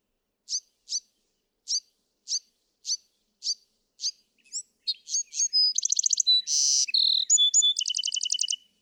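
Bewick's wren giving a series of sharp chip notes, then launching into a full song with a buzz, whistle and closing rapid trill.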